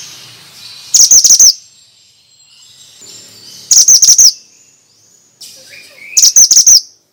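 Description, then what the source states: Bird song: three brief bursts of fast, high, trilled chirps, each about half a second long, spaced a few seconds apart. Used as a lure for stressed birds; 'suara mantenan' sound.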